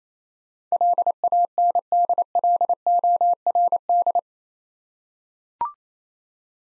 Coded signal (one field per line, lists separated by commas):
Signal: Morse code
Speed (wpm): 28 wpm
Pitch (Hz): 700 Hz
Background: none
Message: LANDLORD